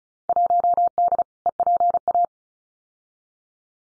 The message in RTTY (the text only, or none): none